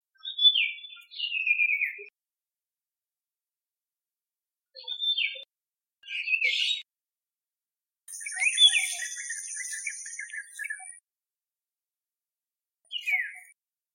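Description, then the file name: Iora giving whistled phrases with downward slurs and short bursts, while a high buzzy hiss runs for a few seconds in the middle. Song type C. "Iora C-Song Sun Chong Hong"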